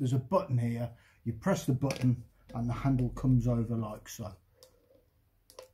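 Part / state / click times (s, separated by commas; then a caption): folding pot handle locking onto a camping stove cooking pot / seated / 5.5 s, 5.6 s. Someone talks while pressing a release button and swinging the folding handle over on a budget camping stove cooking pot. The handle clicks into place, locking onto the pot, with sharp clicks at 5.5 s and 5.6 s.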